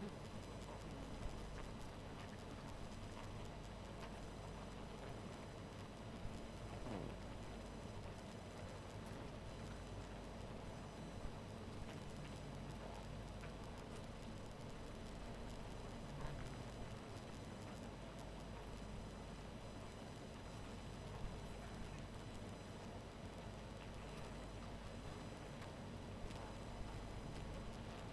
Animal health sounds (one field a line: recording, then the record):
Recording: honeybee colony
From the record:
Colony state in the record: missing queen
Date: 14 July 2017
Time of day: 2:29